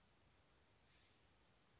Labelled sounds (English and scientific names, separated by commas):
California Scrub-Jay (Aphelocoma californica)